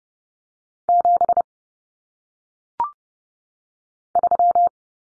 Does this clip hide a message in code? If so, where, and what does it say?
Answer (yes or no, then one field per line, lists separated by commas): yes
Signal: Morse code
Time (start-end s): 0.9-4.7 s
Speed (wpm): 30 wpm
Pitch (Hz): 700 Hz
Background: none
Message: 7 3